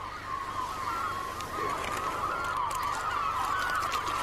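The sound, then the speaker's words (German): A flock of seagulls calls continuously, a dense overlapping chorus of harsh, nasal squawks and cries that stays steady and fairly loud throughout, with no voices. “Für die Möwen.”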